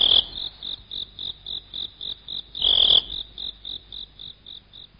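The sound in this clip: Crickets chirping, a steady high pulsed trill repeated about three times a second, with two louder bursts standing out.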